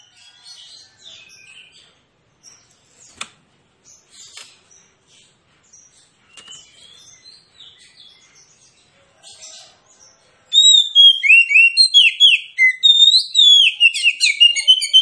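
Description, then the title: Oriental magpie-robin song, soft scattered chirps and faint clicks for ten seconds, then a sudden burst of loud, rapid, varied whistles and trills. Magpie-robin (kacer) singing in a fighting style, full of loud bursts ('tembakan'), meant to provoke rivals to fight; also offered as therapy for birds reluctant to sing. "Kacer Langsung Tarung Konslet KACER NGOTOT FULL TEMBAKAN. Kicau Kacer santaiterapi Kacer males bunyi"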